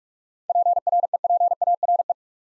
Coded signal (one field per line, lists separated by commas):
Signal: Morse code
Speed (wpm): 44 wpm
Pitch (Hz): 700 Hz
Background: none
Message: PREPARE